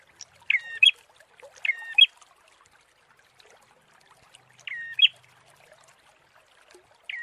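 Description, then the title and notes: Prinia song phrases: paired notes, a level tone then a sharp chirp, given several times with irregular gaps. Prenjak; tutor (masteran) therapy recording for training birds. "Masteran Terapi Prenjak. Burung Prenjak"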